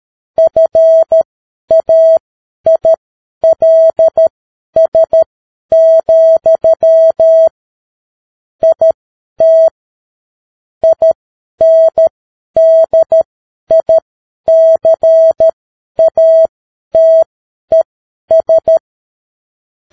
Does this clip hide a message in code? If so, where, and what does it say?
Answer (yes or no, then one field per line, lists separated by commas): yes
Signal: Morse code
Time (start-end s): 0.4-18.8 s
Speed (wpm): 13 wpm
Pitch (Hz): 650 Hz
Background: none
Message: FAILS, IT INDICATES